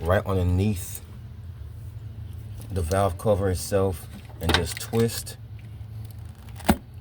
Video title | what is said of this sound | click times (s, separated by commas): 2013 Chevy Tahoe 5.3L Valve cover gasket REPLACEMENT. Bank 1 | And you can hear it pop up, and then move down to a different section and just do the same thing. | 6.7 s